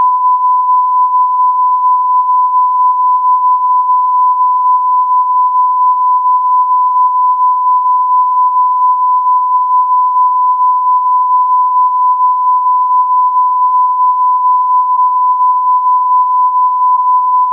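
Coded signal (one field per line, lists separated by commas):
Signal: radio time signal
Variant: Beta RJH69, unmodulated carrier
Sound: one continuous steady tone around 1 kHz with no breaks or ticks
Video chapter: 00:06 : Unmodulated carrier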